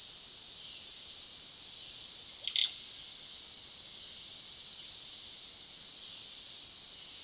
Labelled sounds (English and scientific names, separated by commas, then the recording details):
Olive Oropendola (Psarocolius bifasciatus)
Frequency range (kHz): Olive Oropendola (Psarocolius bifasciatus) 0.8-18.4 kHz
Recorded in pastures near Puerto Asís, Putumayo, Colombia, on 20 February 2024 at 09:00
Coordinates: 0.497, -76.327
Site G7276